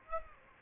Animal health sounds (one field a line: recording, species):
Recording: mosquito wingbeat signal from an infrared sensor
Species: Aedes aegypti